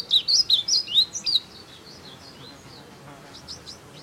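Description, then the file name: Blue seedeater's rapid high warbled phrase lasting over a second, followed by softer bird notes. "Amaurospiza concolor - Blue Seedeater"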